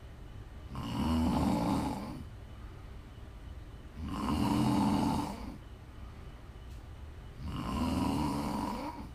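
Three rough, rumbling snores from an adult sleeper, one on each breath in, about 18 a minute, with quiet exhalations between, offered as ASMR snoring to relax or sleep to.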